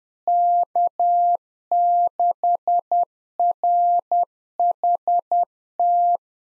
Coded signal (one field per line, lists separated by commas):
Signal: Morse code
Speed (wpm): 10 wpm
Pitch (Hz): 700 Hz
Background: none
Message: K6RHT